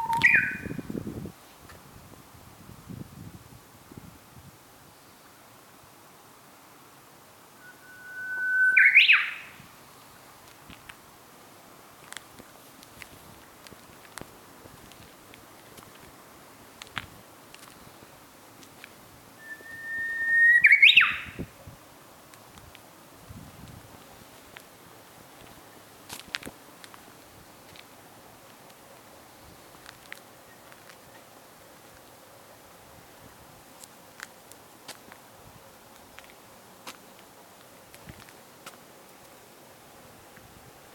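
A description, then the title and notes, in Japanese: A Japanese bush warbler sings its long rising whistle and quick flourish twice, near 9 and 21 seconds, over soft scattered ticks and quiet. うぐいす2017年5月。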